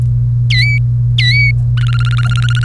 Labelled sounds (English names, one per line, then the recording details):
Domestic Canary song
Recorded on 30 April 2018 at 15:29
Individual llb3